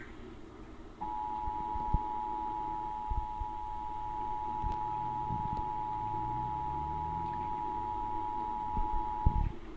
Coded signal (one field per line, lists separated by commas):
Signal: Emergency Alert System (SAME) tones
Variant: 853 and 960 Hz attention tone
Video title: EAS issues and get a better feel about 🇺🇲days and then I have